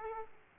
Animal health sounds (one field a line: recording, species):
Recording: mosquito wingbeat signal from an infrared sensor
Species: Aedes aegypti